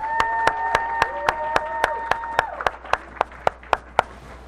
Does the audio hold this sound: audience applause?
yes